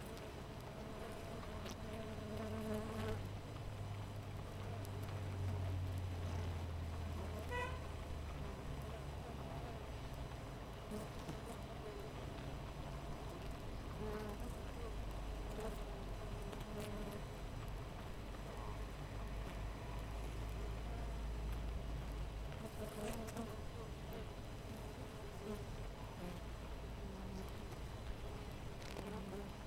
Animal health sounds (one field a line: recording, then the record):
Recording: honeybee colony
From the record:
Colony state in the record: missing queen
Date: 14 July 2017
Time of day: 5:55